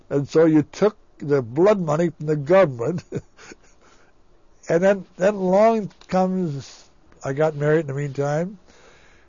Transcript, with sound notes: And so you took the blood money from the government. (he laughs) And then, then along comes, I got married in the meantime.